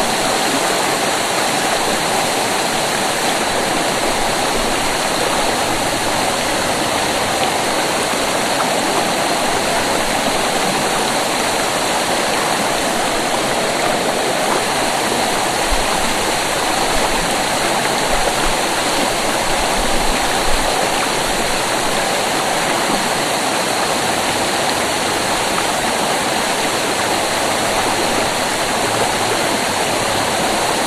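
Water rushes steadily over Deer Leap Falls on Dingman's Creek, a dense, unbroken roar that holds the same level for the full half minute. The sound is full and bright, with a hissing top and a softer churning beneath, and no other sounds stand out.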